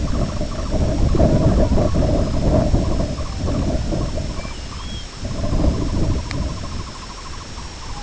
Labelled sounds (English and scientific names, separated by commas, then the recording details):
Sanderling (Calidris alba), Long-tailed Duck (Clangula hyemalis), Grey Plover (Pluvialis squatarola)
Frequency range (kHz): Sanderling (Calidris alba) 0.3-2.0 kHz; Long-tailed Duck (Clangula hyemalis) 0.6-1.9 kHz; Grey Plover (Pluvialis squatarola) 2.1-3.5 kHz
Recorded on Arctic tundra, site IGLO-B, on 21 June 2018
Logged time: 09:59